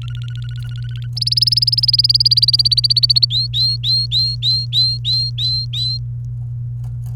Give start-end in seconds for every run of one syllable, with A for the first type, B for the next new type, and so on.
0.02-1.07 A, 1.17-3.25 B, 3.30-5.98 C